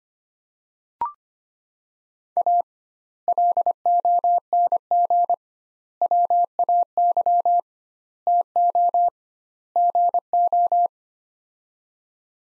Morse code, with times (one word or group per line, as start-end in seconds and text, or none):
2.4-2.6 A
3.3-5.3 LONG
6.0-7.6 WAY
8.3-9.1 TO
9.8-10.9 GO